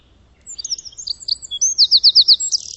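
Bird song, high twittering notes leading into a clear run of five or six rapid repeated slurred notes, with quiet background.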